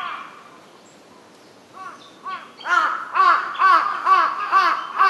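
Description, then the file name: Large-billed crow cawing, a run of hoarse arched caws starting after a quiet opening and repeating roughly twice a second, growing louder toward the end. Recorded 23 May 2007. "hasibutogarasu"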